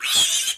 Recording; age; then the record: pig call; piglet (1 to 25 days)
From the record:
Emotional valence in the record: negative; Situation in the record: castration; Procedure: castration, cut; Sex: male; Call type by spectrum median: high-frequency call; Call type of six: high-frequency modulated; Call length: 0.57 s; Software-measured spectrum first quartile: 3274 Hz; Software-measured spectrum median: 4836 Hz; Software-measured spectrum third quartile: 7731 Hz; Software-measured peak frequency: 3332 Hz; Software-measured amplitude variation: 108 dB a second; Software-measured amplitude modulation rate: 13.1 a second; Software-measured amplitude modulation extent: 8.3 dB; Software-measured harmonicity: 1.8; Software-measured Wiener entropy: -2.07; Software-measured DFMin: 772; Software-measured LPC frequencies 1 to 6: 1368, 2662, 3309, 3781, 4839, 6179 Hz